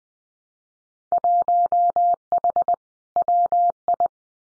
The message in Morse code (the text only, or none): 1H WI